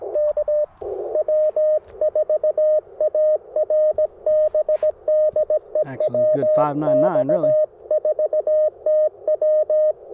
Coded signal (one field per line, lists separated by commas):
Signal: Morse code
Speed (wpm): 19 wpm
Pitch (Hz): 610 Hz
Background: speech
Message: K W4ARB DE WX4TW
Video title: Morning Morse Code at Tuskegee National Forest K-4451 - 12/23/23